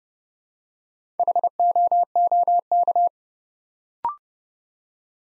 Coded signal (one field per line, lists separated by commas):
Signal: Morse code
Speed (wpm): 29 wpm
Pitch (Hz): 700 Hz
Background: none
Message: HOOK